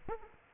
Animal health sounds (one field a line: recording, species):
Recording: mosquito wingbeat signal from an infrared sensor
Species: Aedes aegypti